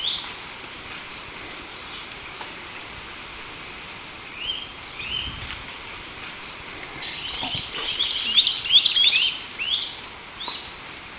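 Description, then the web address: Swallow-tailed Kite calls: a quick series of thin, high, chipping whistles bunched near the end, with faint scattered notes earlier over a steady hiss. Recorded in Ecuador. "Birds of Ecuador. Swallow-tailed Kite"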